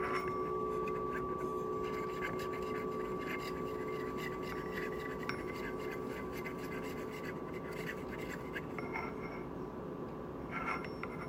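Ritual instruments sounding during a Buddhist morning service: struck metal bowls leave a bright ringing tone and a lower hum that hang steadily through the whole clip. Underneath runs a dense low murmur, with scattered small clinks and taps, a few sharper near the end.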